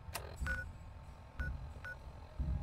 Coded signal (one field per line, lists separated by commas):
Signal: none